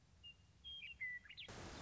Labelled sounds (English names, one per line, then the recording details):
Western Meadowlark
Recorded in Sonoma County, California